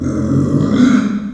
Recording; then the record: squeal of a Yucatan mini pig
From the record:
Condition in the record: after surgery on the right vocal fold (resection and tissue-engineered implant); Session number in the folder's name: 9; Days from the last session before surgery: 65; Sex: female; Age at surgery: 19 weeks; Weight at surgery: 25 kg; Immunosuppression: prednisolone